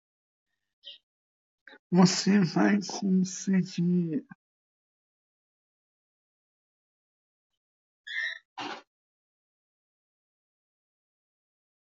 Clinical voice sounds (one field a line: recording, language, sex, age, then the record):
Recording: spoken sentence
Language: Brazilian Portuguese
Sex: male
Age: 20 to 29 years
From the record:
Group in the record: control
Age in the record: 21 years